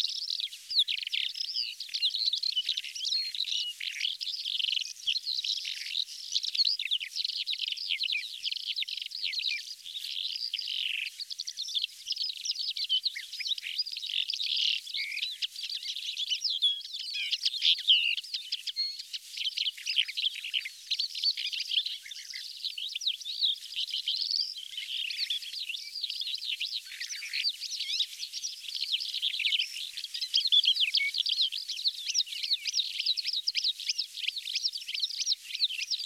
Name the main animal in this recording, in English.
Calandra Lark